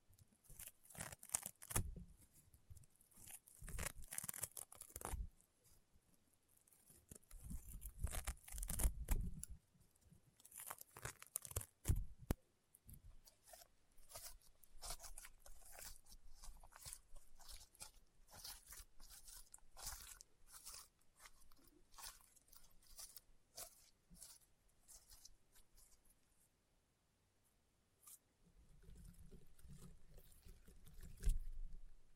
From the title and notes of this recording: ASMR EXTREME CRUNCHY AND POPPING SOUNDS Rainbow Honeycomb Slime (No Talking).